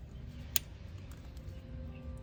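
A plastic electrical connector is pushed onto a fuel injector on the fuel rail of a GMC Yukon during fuel injector replacement. A sharp, loud click is heard at 0.6 s, followed by two faint ticks over a low background hum. The connector is seated in and tight.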